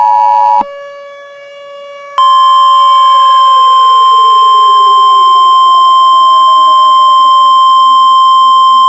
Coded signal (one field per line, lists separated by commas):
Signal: Emergency Alert System (SAME) tones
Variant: 853 and 960 Hz attention tone